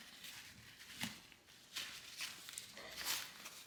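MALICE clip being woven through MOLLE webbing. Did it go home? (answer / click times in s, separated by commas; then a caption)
no / none. A MALICE clip is woven through nylon MOLLE webbing, producing soft rustling and scraping of the strap material with a few brief sharp ticks along the way. Only handling is heard; the clip's end has not yet been snapped into its closure, and nothing has clicked.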